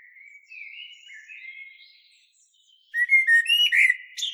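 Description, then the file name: Common blackbird softly warbling mellow whistles, then after a short pause bursting into a louder phrase of fluted notes and squeaky twitters. "Turdus merula"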